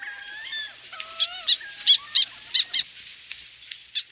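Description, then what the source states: Wood Duck calls: thin wavering whistles at first, then a run of short, sharp squeaky notes, followed by a few single notes. Wood duck, brought back by protection and dedicated individuals such as Frank Bellrose.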